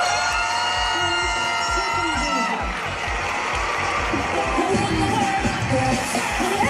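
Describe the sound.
A large crowd at the Eiffel Tower in Paris cheers and shouts continuously as the French vote putting abortion into the constitution is shown live, a dense roar of voices with sustained tones and thumping low beats running underneath throughout.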